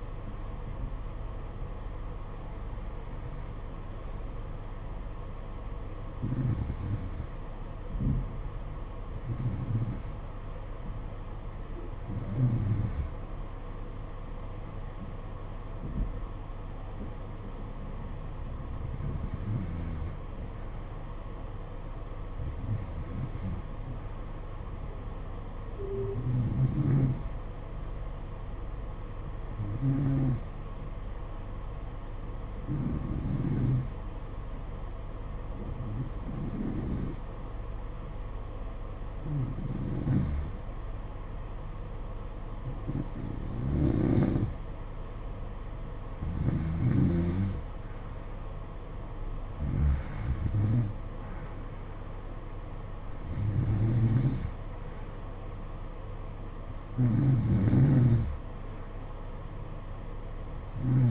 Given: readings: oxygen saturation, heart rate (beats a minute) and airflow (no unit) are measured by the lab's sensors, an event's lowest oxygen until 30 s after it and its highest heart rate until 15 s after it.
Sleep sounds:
breathing in sleep by a smartphone at the bedside; 1
6.00-36.00 s: new sleep stage, N1 (lightest sleep)
9.00-45.00 s: hypopnea (N1, oxygen 94% highest, then 89% lowest, heart rate 58 at the start, 62 highest)
36.00-61.11 s: new sleep stage, N2 (light sleep)
From the record:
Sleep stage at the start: N2 (light sleep); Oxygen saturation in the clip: 89 to 94%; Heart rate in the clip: 55 to 62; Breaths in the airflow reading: 17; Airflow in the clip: -9.7 to 9.8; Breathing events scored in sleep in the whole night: 476 in 9.7 hours asleep

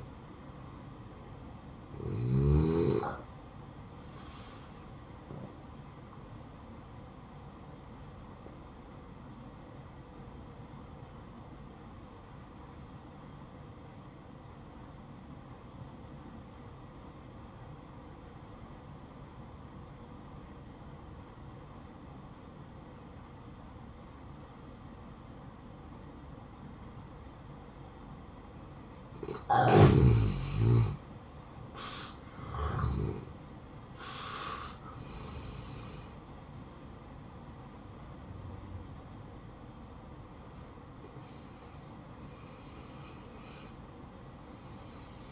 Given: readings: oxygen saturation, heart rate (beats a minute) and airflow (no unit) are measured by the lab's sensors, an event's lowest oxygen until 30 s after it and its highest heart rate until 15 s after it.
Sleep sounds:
a person awake in a sleep study, by a smartphone at the bedside; 1
6.00-31.50 s: hypopnea (N1, oxygen 95% highest, then 86% lowest, heart rate 58 at the start, 68 highest)
20.00-45.32 s: new sleep stage, awake
27.00-45.32 s: awake
From the record:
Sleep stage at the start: N1 (lightest sleep); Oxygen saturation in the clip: 85 to 95%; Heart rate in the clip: 55 to 68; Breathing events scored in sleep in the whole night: 573 in 9.8 hours asleep

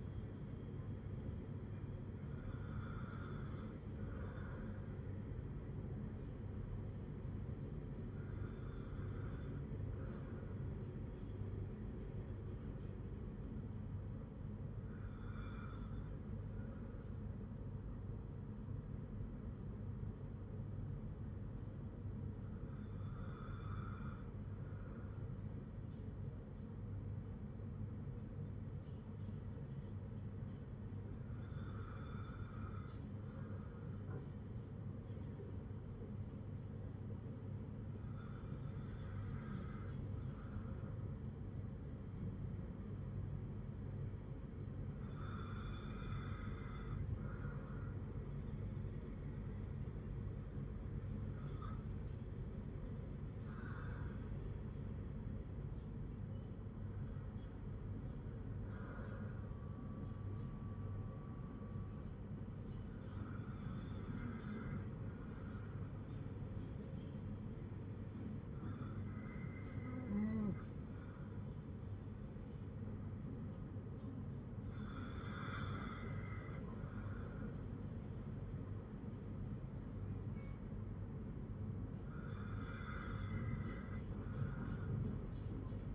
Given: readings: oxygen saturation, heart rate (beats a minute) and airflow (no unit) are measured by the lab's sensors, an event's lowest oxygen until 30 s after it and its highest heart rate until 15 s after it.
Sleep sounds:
breathing in sleep by a smartphone at the bedside; none
none scored
From the record:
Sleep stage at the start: N2 (light sleep); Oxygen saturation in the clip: 94 to 98%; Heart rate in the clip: 53 to 60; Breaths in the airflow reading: 14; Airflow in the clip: -5.5 to 4.7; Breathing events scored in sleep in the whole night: 182 in 7.4 hours asleep

